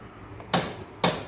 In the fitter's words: اهي عماله تسمع صوت القفل